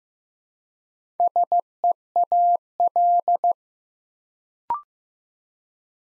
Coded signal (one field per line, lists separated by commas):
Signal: Morse code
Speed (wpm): 15 wpm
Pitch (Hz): 700 Hz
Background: none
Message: SEAL